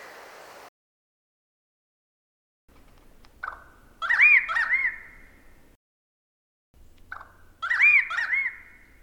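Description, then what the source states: Bird mimicking loud, bubbling, gobble-like phrases: two separated bouts, each opening with short clicks and rising into a rolling, warbling burst that trails off. Mimicry; 2010.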